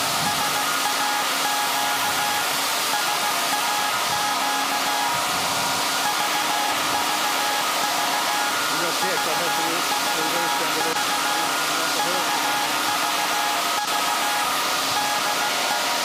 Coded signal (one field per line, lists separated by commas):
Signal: Morse code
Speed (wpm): 16 wpm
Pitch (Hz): 830 Hz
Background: speech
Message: SAQ SAQ VVV VVV VVV DE